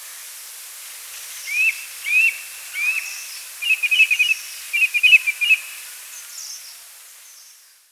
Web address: Chestnut Thrush Song